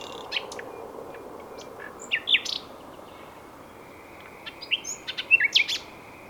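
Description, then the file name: Common nightingale song, quiet: a few scattered sharp chirps and brief phrases separated by pauses, over a low background hiss. "Luscinia megarhynchos"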